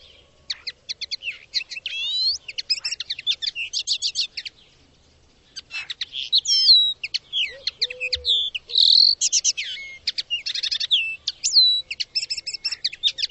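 Bird singing almost continuously, a fast jumble of high chirps, trills and slurred whistles, briefly pausing midway, with an occasional faint low whistle.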